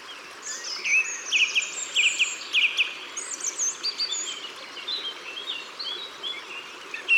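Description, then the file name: Song thrush song of paired notes repeated several times in a row, followed by varied twittering. Recorded in Ardèche, France. "Grive-Musicienne-Concerts-Naturels-De-l Ardeche"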